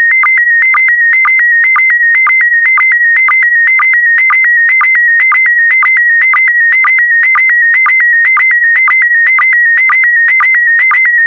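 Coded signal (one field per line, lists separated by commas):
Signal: SSTV (slow-scan television)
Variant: PD120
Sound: warbling high tone stepping slightly, with a short low chirp about twice per second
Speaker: complete you can now check your decoded image against the picture that is shown on the video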